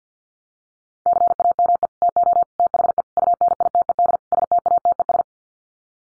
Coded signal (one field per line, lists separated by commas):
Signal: Morse code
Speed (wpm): 50 wpm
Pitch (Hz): 700 Hz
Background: none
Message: CAME TO THE UNITED STATES